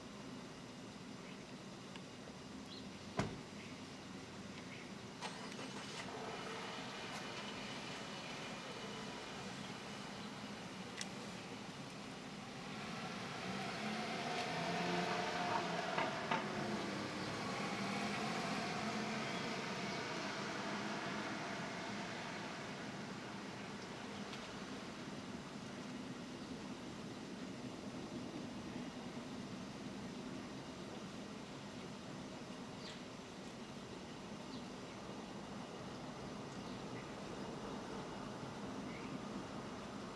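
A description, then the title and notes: Outdoor city street tone with a steady low hum of traffic throughout. Around the middle, a louder pass swells and fades over several seconds, likely a plane overhead or a passing vehicle. A single sharp tap sounds near the start. Ext. Street Tone, Cars, Airplanes, NYC. Street Tone, Cars, Airplanes, NYC by Bandeto.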